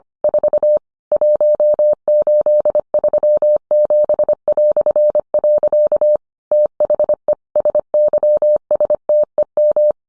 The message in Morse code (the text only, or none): 4 1837". THE SYSTEM